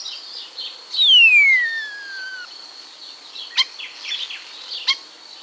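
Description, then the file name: Common starling singing: a loud, long whistle sliding steadily downward, followed by quieter chattering notes and a couple of sharp clicks. "bioakusztika seregely"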